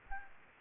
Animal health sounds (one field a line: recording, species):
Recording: mosquito wingbeat signal from an infrared sensor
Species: Aedes albopictus